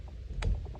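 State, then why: Seated. A spark plug wire boot is pressed down onto the spark plug terminal of a chainsaw and snaps on with a single sharp click at 0.4 s, standing out over a low background rumble with a few faint soft taps around it. The boot is seated on the plug.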